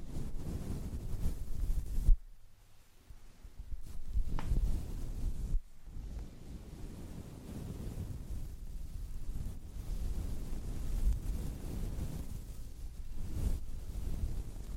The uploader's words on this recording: ASMR Brushing. Powder brush on wind muff.